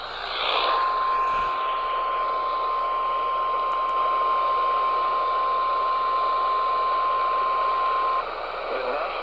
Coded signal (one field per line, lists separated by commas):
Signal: Emergency Alert System (SAME) tones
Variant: 1050 Hz attention tone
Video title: Eas toa Eas#784